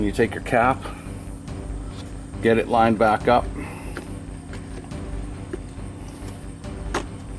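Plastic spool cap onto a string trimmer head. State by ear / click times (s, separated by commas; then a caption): seated / 6.9 s. Someone talks while a plastic spool cap is lined back up on a Ryobi string trimmer head and pushed on, with a few small handling knocks along the way. The cap snaps into place with a sharp click at 7.0 s, and it is seated.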